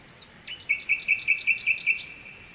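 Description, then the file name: Nightingale singing a sharp lead note followed by seven loud, evenly spaced repeated notes, over soft continuous hiss. Nightingale singing at night with a distant stream, at Kovachevitsa, Bulgaria. "Noshten slavej i dalechen potok (s Kovachevica)"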